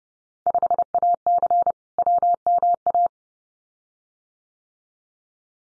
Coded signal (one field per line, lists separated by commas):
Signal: Morse code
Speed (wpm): 30 wpm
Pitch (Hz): 700 Hz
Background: none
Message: 5AC WMA